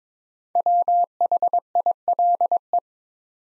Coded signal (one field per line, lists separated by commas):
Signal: Morse code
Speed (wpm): 22 wpm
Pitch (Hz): 700 Hz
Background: none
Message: WHILE